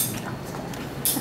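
A camera gimbal is locked into a drone's gimbal mount, with the lock checked or turned to make sure it is secure. A steady low background noise is broken by one sharp, bright click at 1.0 s. The gimbal is confirmed seated and locked in the mount.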